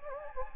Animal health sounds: mosquito wingbeat signal from an infrared sensor; Anopheles gambiae

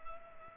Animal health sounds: mosquito wingbeat signal from an infrared sensor; Culex pipiens

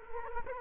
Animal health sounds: mosquito wingbeat signal from an infrared sensor; Culex quinquefasciatus

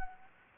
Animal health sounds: mosquito wingbeat signal from an infrared sensor; Anopheles gambiae

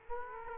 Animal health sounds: mosquito wingbeat signal from an infrared sensor; Aedes aegypti

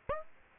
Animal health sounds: mosquito wingbeat signal from an infrared sensor; Aedes aegypti

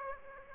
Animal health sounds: mosquito wingbeat signal from an infrared sensor; Aedes aegypti

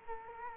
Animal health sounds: mosquito wingbeat signal from an infrared sensor; Culex quinquefasciatus

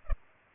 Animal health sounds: mosquito wingbeat signal from an infrared sensor; Culex pipiens

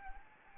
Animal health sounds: mosquito wingbeat signal from an infrared sensor; Anopheles arabiensis

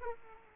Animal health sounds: mosquito wingbeat signal from an infrared sensor; Aedes aegypti

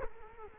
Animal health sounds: mosquito wingbeat signal from an infrared sensor; Culex quinquefasciatus

